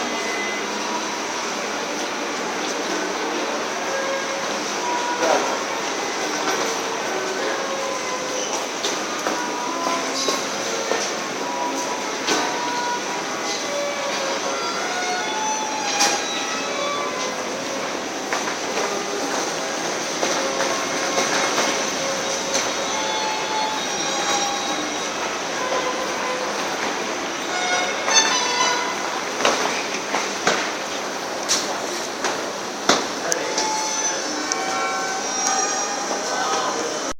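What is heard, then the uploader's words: A busy main railway station hall, with a dense, steady wash of crowd noise and echoing voices filling the space. Sharp clicks, clatters and bright metallic knocks pop out every few seconds, with rolling train sounds underneath and little deep rumble. Central Station Hamburg at Hamburg Hauptbahnhof by xpatstories.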